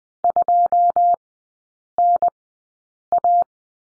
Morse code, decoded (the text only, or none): 2 N A